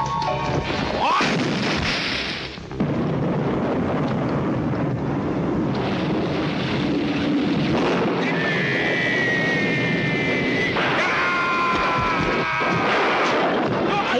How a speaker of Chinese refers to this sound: 佢继续练拳，风越劲，雨越大咧